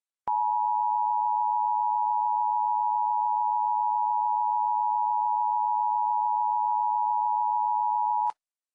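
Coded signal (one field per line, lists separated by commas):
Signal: Emergency Alert System (SAME) tones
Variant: 853 and 960 Hz attention tone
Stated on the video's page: Severe thunderstorm warning received on Cox cable television in Lafayette, Louisiana.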